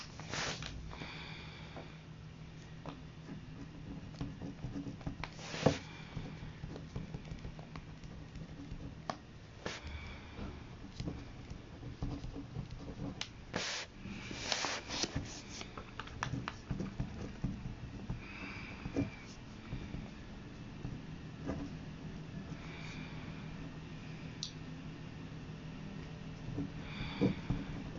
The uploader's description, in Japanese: 芋けんぴを食べつつ、「詩のレッスン」から詩数篇を書き写す音